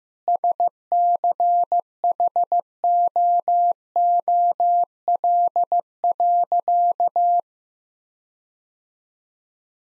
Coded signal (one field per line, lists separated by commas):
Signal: Morse code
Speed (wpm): 15 wpm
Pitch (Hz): 700 Hz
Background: none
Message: SCHOOL.